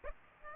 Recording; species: mosquito wingbeat signal from an infrared sensor; Aedes aegypti